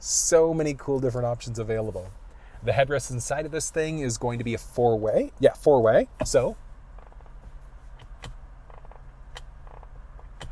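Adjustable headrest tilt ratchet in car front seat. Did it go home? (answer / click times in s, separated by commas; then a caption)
yes / 8.2 s, 9.4 s, 10.4 s. Someone talks about the four-way adjustable headrest in the front seat of a 2022 Jeep Grand Cherokee, then the speech stops and the headrest is tilted forward. Its tilt ratchet clicks through detent positions at 8.2, 9.4 and 10.4 seconds, with fainter ticks in between, and it locks into place.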